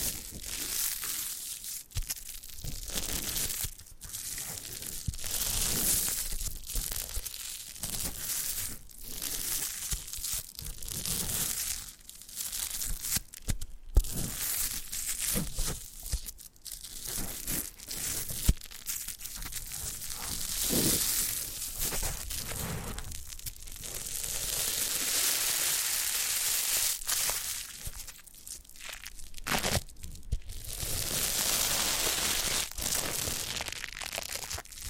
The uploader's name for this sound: Foam Massage